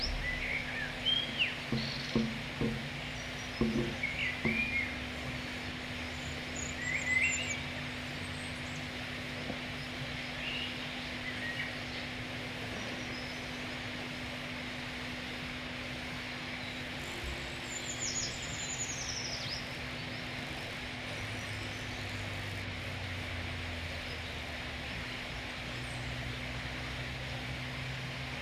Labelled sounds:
Common Chaffinch

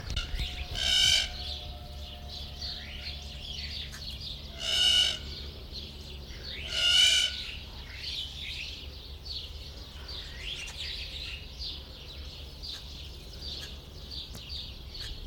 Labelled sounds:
Hamerkop

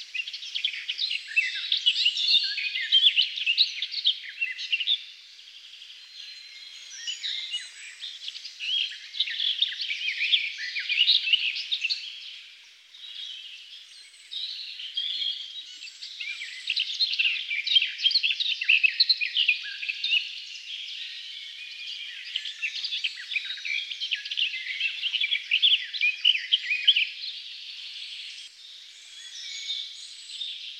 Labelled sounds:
Garden Warbler song

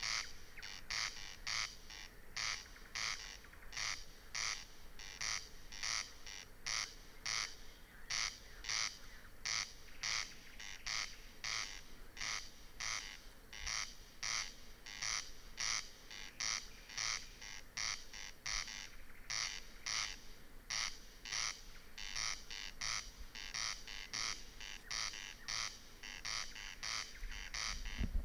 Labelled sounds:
Corn Crake

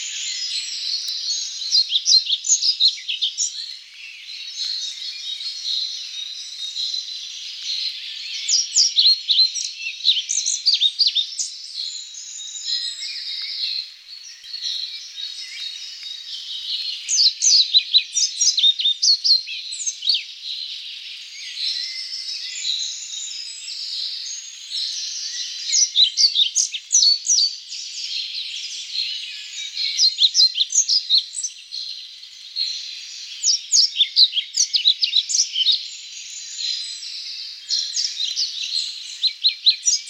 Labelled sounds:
European Pied Flycatcher song

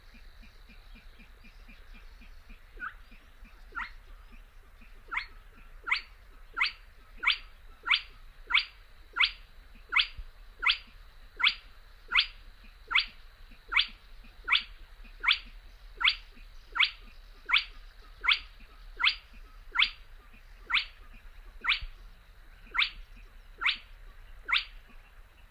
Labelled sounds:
Spotted Crake

